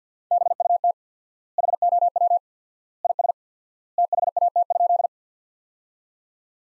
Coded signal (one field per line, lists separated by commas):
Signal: Morse code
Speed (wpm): 50 wpm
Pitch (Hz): 700 Hz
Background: none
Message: BUT HOW IS THAT?